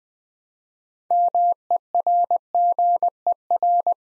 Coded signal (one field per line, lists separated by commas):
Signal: Morse code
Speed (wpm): 20 wpm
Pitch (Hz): 700 Hz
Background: none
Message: MERGER